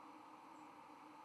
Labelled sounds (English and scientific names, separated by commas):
White-throated Sparrow (Zonotrichia albicollis) flight call